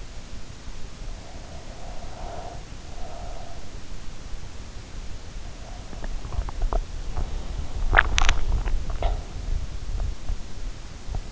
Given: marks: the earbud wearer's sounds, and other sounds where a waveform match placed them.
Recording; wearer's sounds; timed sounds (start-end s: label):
sounds in sleep by an in-ear microphone; breath, body movement
1.03-3.76 s: breath
5.48-11.32 s: body movement